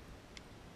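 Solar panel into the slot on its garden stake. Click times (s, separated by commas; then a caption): 0.4 s. A small solar panel for an LED light string is pushed onto the mounting slot on the back of a plastic garden stake. A single sharp tick at 0.4 s marks it snapping into place, and the panel is seated.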